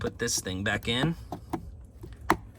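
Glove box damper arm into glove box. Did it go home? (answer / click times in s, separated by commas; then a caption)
yes / 2.3 s. On a 2020–2024 Subaru Outback, the glove box damper arm is refitted into the glove box after a cabin air filter change. Someone talks, then a single sharp plastic snap at 2.3 s marks the arm seating into place.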